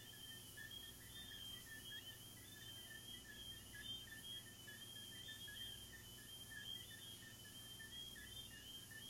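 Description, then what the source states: Crickets trilling continuously in rapid high pulses, a second lower chirping band alongside, low steady hum in the background. Crickets recorded in the recordist's garden.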